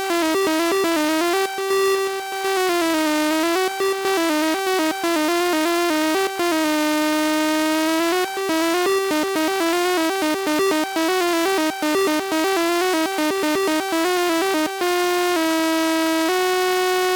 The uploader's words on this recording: Morphing Wave Table Oscillator using a Raspberry Pi Pico. It uses an 8-bit R-2R resistor ladder DAC and a #Raspberrypi Pico.